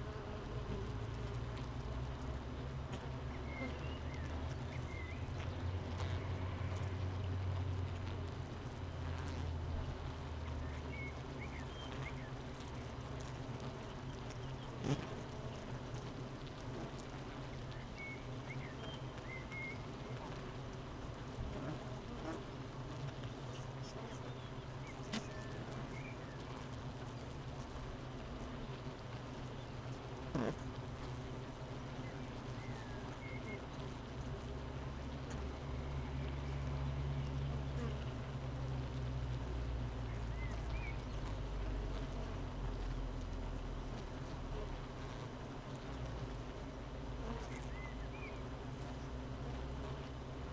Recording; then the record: honeybee colony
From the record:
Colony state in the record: missing queen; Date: 31 May 2018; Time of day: 8:06